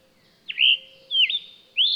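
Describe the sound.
Bird giving three whistled phrases about half a second apart, the first two dipping in pitch and the last rising, with a low steady hum underneath.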